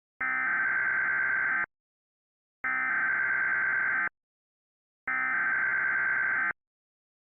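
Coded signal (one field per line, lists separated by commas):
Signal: Emergency Alert System (SAME) tones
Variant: header bursts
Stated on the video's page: Fictional Emergency Alert System scenario about an earthquake disaster in the Rocky Mountains and the western states; simulated alert.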